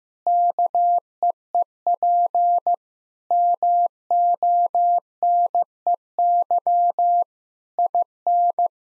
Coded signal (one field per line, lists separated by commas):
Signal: Morse code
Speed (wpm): 15 wpm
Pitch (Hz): 700 Hz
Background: none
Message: KEEP MONEY IN